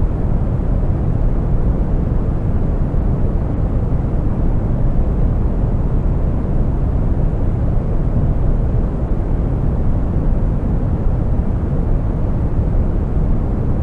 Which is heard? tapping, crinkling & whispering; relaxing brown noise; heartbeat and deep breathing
relaxing brown noise